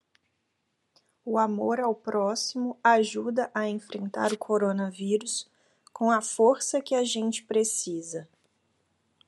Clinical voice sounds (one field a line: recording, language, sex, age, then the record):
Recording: spoken sentence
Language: Brazilian Portuguese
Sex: female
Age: 30 to 39 years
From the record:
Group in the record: control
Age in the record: 32 years